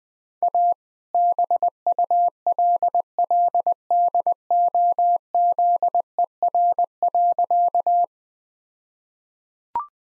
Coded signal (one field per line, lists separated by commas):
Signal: Morse code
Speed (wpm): 20 wpm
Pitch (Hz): 700 Hz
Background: none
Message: A BULLDOZER.